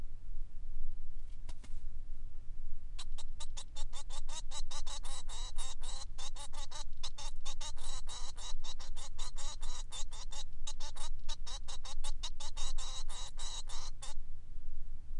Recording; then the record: song of a male Bengalese finch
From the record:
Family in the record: son of father 3